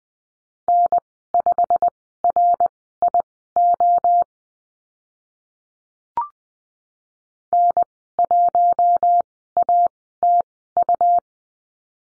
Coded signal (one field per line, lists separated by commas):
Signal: Morse code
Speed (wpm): 20 wpm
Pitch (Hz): 700 Hz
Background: none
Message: N5RIO N1ATU